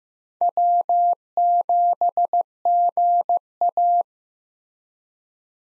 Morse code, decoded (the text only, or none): W7GA